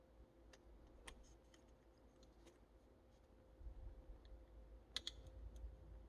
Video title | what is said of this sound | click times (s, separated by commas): GoPro Hero 8 Black whats in the box! and how to install | And you just push it in there till it clicks. | 5.0 s